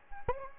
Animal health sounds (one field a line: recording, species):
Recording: mosquito wingbeat signal from an infrared sensor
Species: Anopheles gambiae